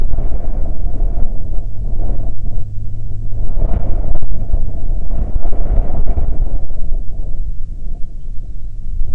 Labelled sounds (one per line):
bird
wind